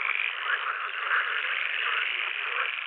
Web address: Pool Frog